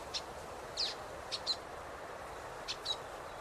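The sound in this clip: Common waxbill calls: a few short, thin, high chips spaced irregularly, some in quick pairs, over a steady soft background hiss.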